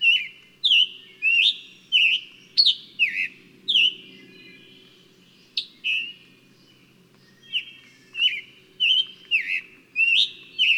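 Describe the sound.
Bird song of repeated clear whistles with sharp falling starts, delivered in a fast run, a short pause, then another run.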